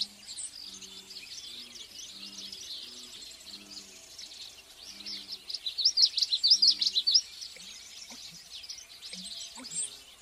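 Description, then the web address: Common yellowthroat song: a short burst of quick, repeated high phrases in the middle, over soft high chatter and low tones in the background. Songbird recorded in the western USA. "Songs of Birds of North America Western USA Songbirds. Common Yellowthroat"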